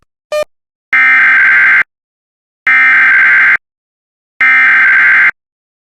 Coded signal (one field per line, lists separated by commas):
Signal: Emergency Alert System (SAME) tones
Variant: header bursts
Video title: 15x header on WJON (EAS #211-225)